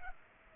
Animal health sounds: mosquito wingbeat signal from an infrared sensor; Culex pipiens

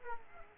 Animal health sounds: mosquito wingbeat signal from an infrared sensor; Aedes aegypti

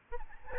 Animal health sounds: mosquito wingbeat signal from an infrared sensor; Aedes albopictus

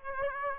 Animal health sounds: mosquito wingbeat signal from an infrared sensor; Aedes aegypti

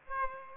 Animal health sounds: mosquito wingbeat signal from an infrared sensor; Aedes aegypti

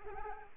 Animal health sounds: mosquito wingbeat signal from an infrared sensor; Aedes aegypti

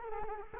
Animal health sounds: mosquito wingbeat signal from an infrared sensor; Culex quinquefasciatus

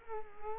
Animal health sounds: mosquito wingbeat signal from an infrared sensor; Culex quinquefasciatus

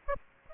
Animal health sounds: mosquito wingbeat signal from an infrared sensor; Aedes aegypti

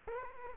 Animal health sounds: mosquito wingbeat signal from an infrared sensor; Culex quinquefasciatus

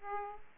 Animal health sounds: mosquito wingbeat signal from an infrared sensor; Aedes aegypti

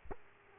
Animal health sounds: mosquito wingbeat signal from an infrared sensor; Aedes aegypti

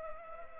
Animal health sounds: mosquito wingbeat signal from an infrared sensor; Culex pipiens

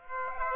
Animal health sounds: mosquito wingbeat signal from an infrared sensor; Aedes aegypti

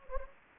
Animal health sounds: mosquito wingbeat signal from an infrared sensor; Anopheles gambiae

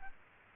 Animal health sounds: mosquito wingbeat signal from an infrared sensor; Aedes aegypti

